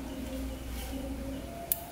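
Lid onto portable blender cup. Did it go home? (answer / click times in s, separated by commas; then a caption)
yes / 1.7 s. A plastic lid is closed onto an Ecentio portable mini juicer blender cup (400 ml, USB electric, six blades) and pressed until it clicks shut at 1.7 s, meaning it is safe to use. Faint background hum runs under the clip, and the sharp click stands out clearly.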